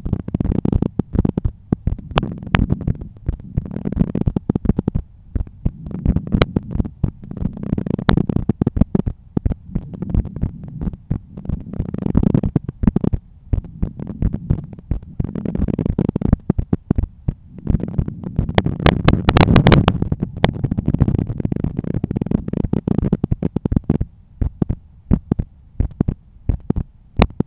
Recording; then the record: heart sounds by stethoscope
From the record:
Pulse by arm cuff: 86 bpm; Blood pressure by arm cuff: 133/84 mmHg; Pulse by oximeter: 88 bpm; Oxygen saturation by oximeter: 96%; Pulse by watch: 88 bpm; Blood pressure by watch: 126/80 mmHg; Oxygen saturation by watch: 96%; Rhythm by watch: sinus rhythm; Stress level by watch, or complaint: low stress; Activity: after 5 min smoking and 1 beer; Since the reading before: plus 3300 steps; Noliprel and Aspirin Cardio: no pills today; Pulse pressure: 49 mmHg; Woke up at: 7:30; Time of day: 21:07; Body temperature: 36.7 C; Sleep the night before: 9 h 22 min, score 68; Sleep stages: REM 22%, light 66%, deep 4%, awake 8%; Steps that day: 11800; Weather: clear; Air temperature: 16.6 C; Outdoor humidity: 79%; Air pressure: 1014 hPa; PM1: 6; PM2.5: 9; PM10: 12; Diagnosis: hypertension, treated with Noliprel and Aspirin Cardio 100 mg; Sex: male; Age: 53 years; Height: 174 cm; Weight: 81 kg